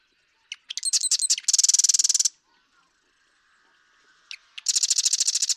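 Marsh Wren song: a few sharp introductory notes, then a fast, buzzy, mechanical rattle lasting under a second, repeated once more after a short pause.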